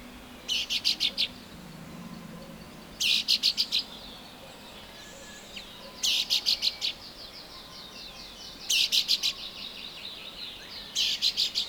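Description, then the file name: Common chaffinch calling in quick bursts of four to six sharp, ticking notes, repeated roughly every two and a half seconds, with soft bird twittering behind. "Fringilla coelebs"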